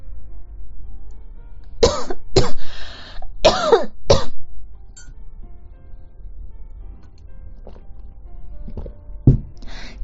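Adult woman coughing in a short run of bursts, followed by fainter coughs; a persistent cough that keeps not getting better.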